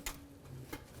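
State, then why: Not seated. An evap hose quick connector on a 1994–2004 Chevy S-10 is handled as it is brought onto the evap line, giving a sharp tick at 0.1 s and softer ticks at 0.7 and 1.0 s over a low steady hum. Nothing has seated or clicked yet.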